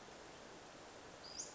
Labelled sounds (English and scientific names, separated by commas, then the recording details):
Western Flycatcher (Empidonax difficilis)
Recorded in Sonoma County, California